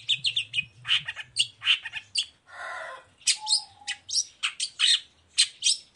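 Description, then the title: Long-tailed shrike song: dense, loud chatter of harsh, scratchy notes and high chirps, with a longer rasping buzz in the middle and a short whistle. Chatty singing long-tailed shrike in the morning, the song's varied 'toet toet' notes used as a lure to provoke other long-tailed shrikes to answer and sing. "Cendet Gacor Dor Di Kala Pagi Toet Toet Variasi Suara. Pancingan Emosi Cendet Gacor Full Variasi Toet Toet Bikin Nyaut Cendet Lain Langsung Ikutan Bunyi"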